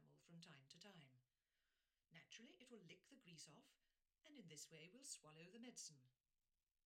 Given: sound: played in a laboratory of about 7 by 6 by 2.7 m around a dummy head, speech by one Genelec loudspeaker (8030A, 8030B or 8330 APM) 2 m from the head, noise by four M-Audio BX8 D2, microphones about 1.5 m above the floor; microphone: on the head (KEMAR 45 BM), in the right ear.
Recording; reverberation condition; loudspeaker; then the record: female speech in English; low; 30 degrees to the right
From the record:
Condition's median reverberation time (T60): about 310 ms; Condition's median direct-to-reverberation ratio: about 3.5 dB